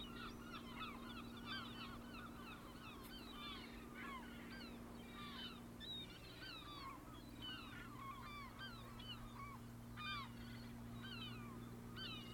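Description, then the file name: Gulls clamouring continuously, many brief upslurred and downslurred squeals overlapping, with a persistent low hum in the background. "Seagulls"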